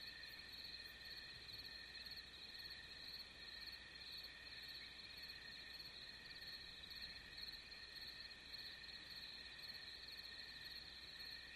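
Crickets trilling constantly, several high pitched bands blending into one shimmering drone that holds level for the whole stretch.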